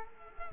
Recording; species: mosquito wingbeat signal from an infrared sensor; Culex quinquefasciatus